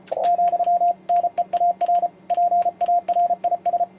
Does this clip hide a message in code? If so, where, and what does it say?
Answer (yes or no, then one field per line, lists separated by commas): yes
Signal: Morse code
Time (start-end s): 0.2-3.8 s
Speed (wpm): 33 wpm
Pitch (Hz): 700 Hz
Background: radio noise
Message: ,NEAR PARIS